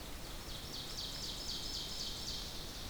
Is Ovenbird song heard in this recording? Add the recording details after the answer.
yes. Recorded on 2 June 2016 at 06:42. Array SBT-3-7